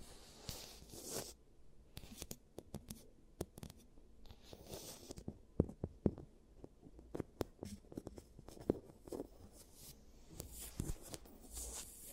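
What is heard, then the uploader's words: Quiet handling sounds for a playful teeth-cleaning treatment: dense crinkles, scrapes and sharp clicks follow one another irregularly, with a few brighter taps near the middle. Soft rubbing and brushing swells come and go. ASMR Giant Teeth Treatment, Fixing Your Cavities (No Talking).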